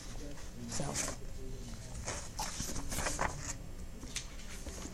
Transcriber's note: continued turning through pages